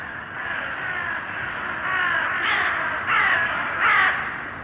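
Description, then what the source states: Crow caws, harsh and nasal, several calls growing louder toward the end over a steady hiss of background noise. Urban crows; sound processed by detuning.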